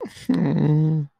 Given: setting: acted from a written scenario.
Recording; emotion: vocal sound without words; sympathy